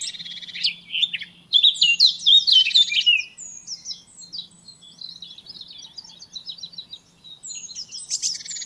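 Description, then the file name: Eurasian blackcap song: loud mixed warbling and buzzy notes at first, fading into softer, fast ticking twitters, then a brief louder flourish at the close. "Sylvia atricapilla"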